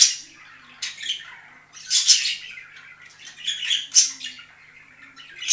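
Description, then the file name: Budgerigar warbling song: bright, scratchy chirps and squeaky notes in short bursts separated by quieter gaps. Singing of budgerigars, more than one bird. "penie volnistyx popugaev"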